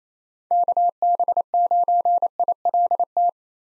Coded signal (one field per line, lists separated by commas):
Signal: Morse code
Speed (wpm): 28 wpm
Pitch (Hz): 700 Hz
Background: none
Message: KB9ILT